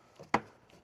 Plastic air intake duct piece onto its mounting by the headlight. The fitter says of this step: You just simply pop this thing back on,